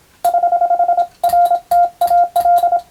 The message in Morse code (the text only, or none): <HH> RTAL